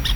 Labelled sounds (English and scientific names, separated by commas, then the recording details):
Brown-throated Parakeet (Eupsittula pertinax) contact call
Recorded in Venezuela
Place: Tumeremo, Edo. Bolívar
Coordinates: 7.209, -61.364